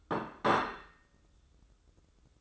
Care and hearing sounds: daily activity, microphone in the room; place plate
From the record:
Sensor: 3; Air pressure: 995.2 hPa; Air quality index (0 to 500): 75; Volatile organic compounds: 5 ppm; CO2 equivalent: 1759 ppm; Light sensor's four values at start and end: 15/44/19/15 and 15/45/19/15

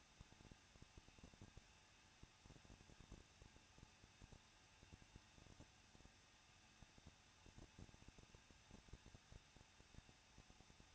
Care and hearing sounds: daily activity, microphone in the room; no activity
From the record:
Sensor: 2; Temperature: 21.0 degrees Celsius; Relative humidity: 37.4%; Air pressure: 1006.2 hPa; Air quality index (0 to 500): 222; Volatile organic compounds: 24 ppm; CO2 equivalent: 2813 ppm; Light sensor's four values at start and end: 2/3/2/2 and 2/3/2/2

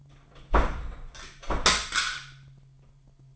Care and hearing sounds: daily activity, microphone in the room; close door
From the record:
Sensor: 5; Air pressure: 998.5 hPa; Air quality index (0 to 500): 82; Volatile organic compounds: 1 ppm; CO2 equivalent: 927 ppm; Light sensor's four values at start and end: 35/85/35/39 and 35/85/35/39

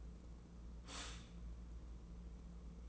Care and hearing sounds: daily activity, microphone in the room; stop toaster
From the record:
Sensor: 1

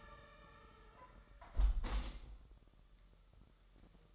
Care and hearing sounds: daily activity, microphone in the room; close window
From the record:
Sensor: 3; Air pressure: 999.8 hPa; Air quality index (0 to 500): 218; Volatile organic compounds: 78 ppm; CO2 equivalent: 3592 ppm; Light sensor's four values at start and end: 10/23/9/9 and 9/22/9/9

